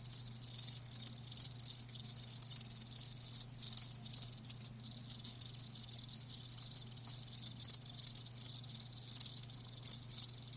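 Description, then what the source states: Crickets keep up a dense, high-pitched pulsing chorus with brief gaps, accompanied by a steady low hum. Live crickets chirping, a lulling song.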